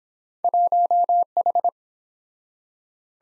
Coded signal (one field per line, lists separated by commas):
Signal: Morse code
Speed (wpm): 24 wpm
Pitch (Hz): 700 Hz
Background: none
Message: 1H